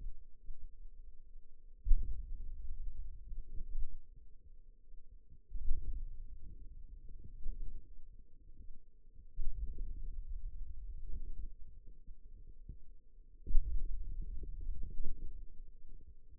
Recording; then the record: forearm muscle sounds (acoustic myography)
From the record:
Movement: hand opening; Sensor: system 2, bracelet of six BSWA MPA416 microphones around the upper forearm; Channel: 3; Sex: female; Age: 21 years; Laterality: right